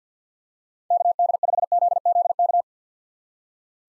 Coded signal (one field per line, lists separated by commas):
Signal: Morse code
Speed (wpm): 50 wpm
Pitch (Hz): 700 Hz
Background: none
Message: KD5ZZK